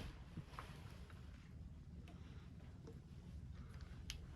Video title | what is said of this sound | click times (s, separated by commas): I turned my 50cc pitbike into a 125cc BEAST - $80 Pitbike Rebuild/Mod | make sure you have it aligned it'll snap right in place once you get it then | 4.1 s